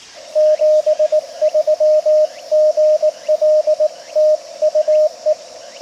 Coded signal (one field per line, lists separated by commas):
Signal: Morse code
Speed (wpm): 19 wpm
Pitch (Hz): 610 Hz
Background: radio noise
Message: 73 GL TU E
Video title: （再）開局３周年記念 いまだにCW初心者 CQ POTA 20/18WPM HAMRS ログ取り POTA JP-1306 東高根森林公園 2024/09/10 アマチュア無線 VLOG 530